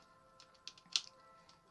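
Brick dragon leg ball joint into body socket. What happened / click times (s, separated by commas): The plastic ball joint snapped into its socket / 1.0 s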